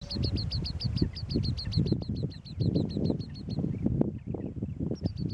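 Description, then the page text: Iraq babbler calls, a rapid series of short high notes repeated many times over a dense, low rumbling background. Passerine endemic to the Mesopotamian wetlands. "Iraq Babbler. KÜRE Encyclopedia"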